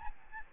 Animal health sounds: mosquito wingbeat signal from an infrared sensor; Aedes albopictus

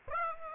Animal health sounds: mosquito wingbeat signal from an infrared sensor; Aedes aegypti

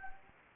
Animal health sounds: mosquito wingbeat signal from an infrared sensor; Anopheles gambiae

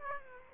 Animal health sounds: mosquito wingbeat signal from an infrared sensor; Aedes aegypti

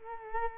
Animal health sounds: mosquito wingbeat signal from an infrared sensor; Culex quinquefasciatus

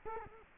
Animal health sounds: mosquito wingbeat signal from an infrared sensor; Culex quinquefasciatus

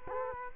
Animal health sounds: mosquito wingbeat signal from an infrared sensor; Culex quinquefasciatus

